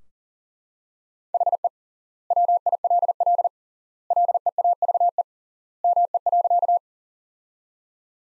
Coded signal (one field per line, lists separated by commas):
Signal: Morse code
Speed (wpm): 40 wpm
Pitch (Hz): 700 Hz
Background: none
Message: HE WILL LEAVE ME.